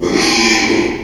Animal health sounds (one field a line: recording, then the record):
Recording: squeal of a Yucatan mini pig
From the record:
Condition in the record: after surgery on the right vocal fold (resection and tissue-engineered implant)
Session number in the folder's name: 2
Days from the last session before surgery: 13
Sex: male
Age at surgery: 12 weeks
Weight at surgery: 13 kg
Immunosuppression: cyclosporine, prednisolone